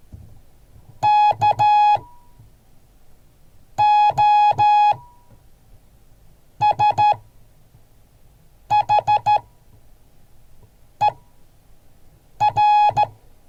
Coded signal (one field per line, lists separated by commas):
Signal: Morse code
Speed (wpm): 14 wpm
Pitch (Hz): 840 Hz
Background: none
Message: KOSHER